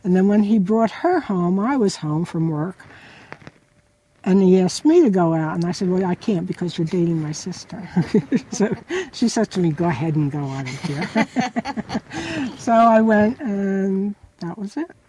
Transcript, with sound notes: And then went he brought her home I was home from work, and he asked me to go out. And I said, "Well, I can't, because you're dating my sister." (both laugh) So she said to me, "Go ahead and go on in here." So I went and—that was it.